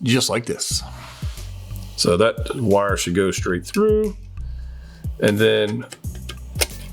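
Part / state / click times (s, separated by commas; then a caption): plastic model section into the mating hull section of a model kit / seated / 6.6 s. Two plastic sections of a FanHome Star Trek Enterprise-D scale starship model kit, one fitted with LEDs and with a wire routed straight through, are pushed together while someone talks over background music. Two sharp plastic ticks follow, a softer one at 6.3 s and a louder one at 6.6 s. The louder tick is the section snapping into place, and it is seated.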